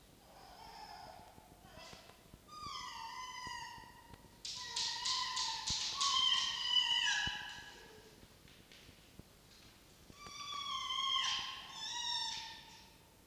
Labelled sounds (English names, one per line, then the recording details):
Red Fox
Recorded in captivity
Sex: pair
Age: adult
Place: Zoologisches Institut der HUB, Berlin, DE
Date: 1953-03-22 12:50
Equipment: Elmetra
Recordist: Tembrock, Günter
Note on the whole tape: Fiffi (sitzt neben Jupp): Begrüßungswinseln; Jupp (scharrt am Fenster): Muffen (ohne Fleisch) - Ranzbellen